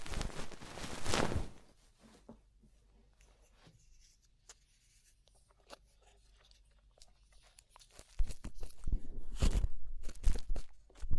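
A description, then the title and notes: Ear-cleaning sounds: a loud burst of scratchy rubbing opens the clip, then fades to near silence with a few faint ticks and taps. From about eight seconds, dense crackly scraping and brushing returns, bright. ASMR Twin Ear Cleaning to Put You in a Coma (No Talking).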